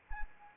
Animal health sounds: mosquito wingbeat signal from an infrared sensor; Anopheles arabiensis

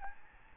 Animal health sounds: mosquito wingbeat signal from an infrared sensor; Aedes albopictus

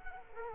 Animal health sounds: mosquito wingbeat signal from an infrared sensor; Culex quinquefasciatus

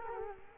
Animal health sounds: mosquito wingbeat signal from an infrared sensor; Culex quinquefasciatus

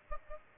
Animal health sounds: mosquito wingbeat signal from an infrared sensor; Aedes aegypti

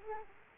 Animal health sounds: mosquito wingbeat signal from an infrared sensor; Culex quinquefasciatus

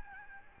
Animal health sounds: mosquito wingbeat signal from an infrared sensor; Aedes albopictus

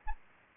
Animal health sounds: mosquito wingbeat signal from an infrared sensor; Anopheles gambiae

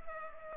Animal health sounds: mosquito wingbeat signal from an infrared sensor; Culex pipiens

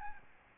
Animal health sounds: mosquito wingbeat signal from an infrared sensor; Aedes albopictus

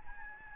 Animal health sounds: mosquito wingbeat signal from an infrared sensor; Aedes albopictus

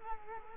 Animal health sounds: mosquito wingbeat signal from an infrared sensor; Culex quinquefasciatus

